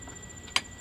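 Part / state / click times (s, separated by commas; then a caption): oil pressure feed fitting threaded into the engine / stripped / 0.6 s. An oil pressure feed fitting is tightened into its threaded port on the engine. A single sharp, broadband hit sounds at 0.6 s against a quiet background. The thread strips out and the fitting never gets tight.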